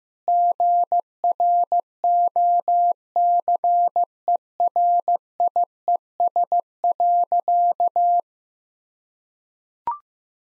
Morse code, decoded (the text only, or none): GROCERIES.